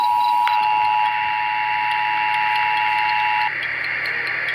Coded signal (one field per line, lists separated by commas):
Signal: Emergency Alert System (SAME) tones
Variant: 853 and 960 Hz attention tone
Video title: EAS | civil danger warning ⚠️